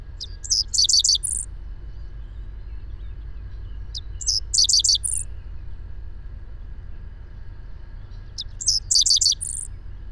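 Bird song: three bursts of high, rapid buzzy trilled phrases roughly every four seconds, over a steady low rumble of background noise.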